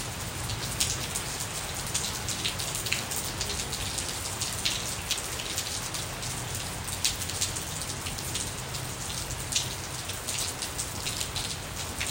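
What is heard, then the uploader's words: Rain falls steadily in Phoenix, Arizona on an evening while dinner is cooking, a dense, even hiss of drops hitting a surface. Brighter individual splats and taps pop out every second or so, scattered irregularly, over a soft low rumble underneath. Rainy evening in Phoenix, Arizona while cooking dinner. The thunder started to roll and the rain began to fall. We decided to open up the house and enjoy the cool breeze, sounds of rain and thunder, and see the lightning dance across the sky while we started to cook.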